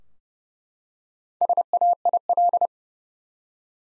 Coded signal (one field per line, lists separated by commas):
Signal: Morse code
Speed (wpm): 30 wpm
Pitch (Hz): 700 Hz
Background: none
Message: SAIL